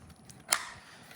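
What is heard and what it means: An adjustable belt-clip attachment is pressed onto the hard plastic Kydex sheath of a Sitivien ST-26 Fighter knife in N690 steel. After a faint tick at 0.3 s, a sharp, bright snap comes at 0.5 s and fades quickly. The clip is seated and locked onto the sheath.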